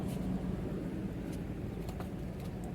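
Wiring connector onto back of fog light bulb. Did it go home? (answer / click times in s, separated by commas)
no / none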